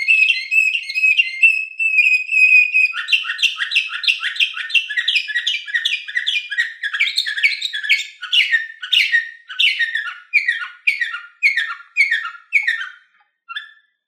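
Canary song, a fast run of whistled trills and rolls shifting between pitches, later breaking into repeated chirping notes that slow toward the end.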